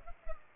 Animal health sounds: mosquito wingbeat signal from an infrared sensor; Culex pipiens

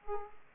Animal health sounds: mosquito wingbeat signal from an infrared sensor; Aedes aegypti

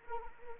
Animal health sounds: mosquito wingbeat signal from an infrared sensor; Anopheles arabiensis

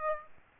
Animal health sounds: mosquito wingbeat signal from an infrared sensor; Aedes aegypti

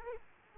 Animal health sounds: mosquito wingbeat signal from an infrared sensor; Aedes aegypti

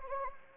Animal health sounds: mosquito wingbeat signal from an infrared sensor; Anopheles gambiae

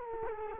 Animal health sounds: mosquito wingbeat signal from an infrared sensor; Culex quinquefasciatus

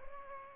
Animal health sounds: mosquito wingbeat signal from an infrared sensor; Aedes aegypti

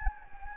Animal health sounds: mosquito wingbeat signal from an infrared sensor; Anopheles gambiae

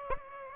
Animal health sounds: mosquito wingbeat signal from an infrared sensor; Aedes aegypti

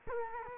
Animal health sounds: mosquito wingbeat signal from an infrared sensor; Culex quinquefasciatus

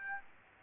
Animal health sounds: mosquito wingbeat signal from an infrared sensor; Aedes aegypti

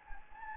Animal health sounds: mosquito wingbeat signal from an infrared sensor; Anopheles gambiae

